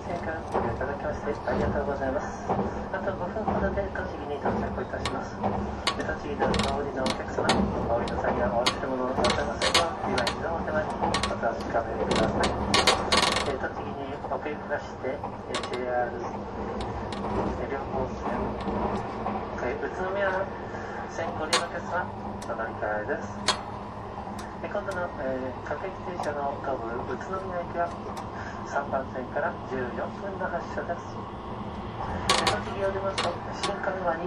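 Running sound of the limited express Spacia X No. 7: a steady low rumble with frequent sharp clicks and rattles, plus faint voices throughout.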